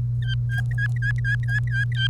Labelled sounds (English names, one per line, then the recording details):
Domestic Canary song
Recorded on 1 May 2018 at 07:34
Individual llb3